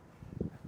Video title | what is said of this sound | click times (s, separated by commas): Curt TruTrack 2P Weight Distribution System Installation Guide - 2021 Airstream Flying Cloud Travel | you want to go ahead and put your spring bar back in till it clicks. | 0.4 s